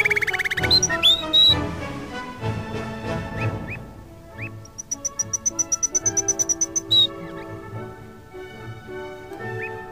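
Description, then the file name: Canary-like singing: scattered chirps and whistles over music, then a long, even series of high thin pips before a short whistle. Canary song mixed with music. "suara kenari dan musik"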